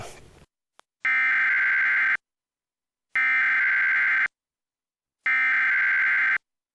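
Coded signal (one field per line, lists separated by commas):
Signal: Emergency Alert System (SAME) tones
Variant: header bursts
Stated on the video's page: EAS alerts received off-air via a television antenna during severe weather coverage.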